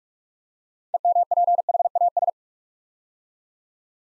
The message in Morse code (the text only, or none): EMPHAS